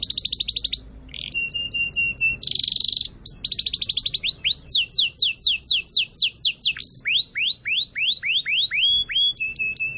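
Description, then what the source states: Canary song alternating short buzzy bursts and trills with pauses, then runs of sharp falling notes repeated several per second, ending on a brief buzzy phrase. Song used as a lure to attract birds.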